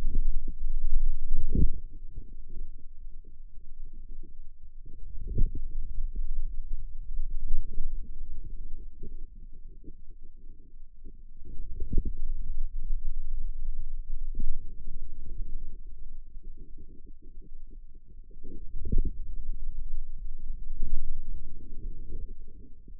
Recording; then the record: forearm muscle sounds (acoustic myography)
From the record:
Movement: outward rotation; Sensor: system 2, bracelet of six BSWA MPA416 microphones around the upper forearm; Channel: 2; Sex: male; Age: 22 years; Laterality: right